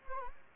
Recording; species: mosquito wingbeat signal from an infrared sensor; Anopheles gambiae